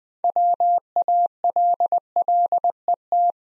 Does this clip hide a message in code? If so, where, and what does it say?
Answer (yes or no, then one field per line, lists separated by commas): yes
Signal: Morse code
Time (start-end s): 0.2-3.3 s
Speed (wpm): 20 wpm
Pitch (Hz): 700 Hz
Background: none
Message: WALLET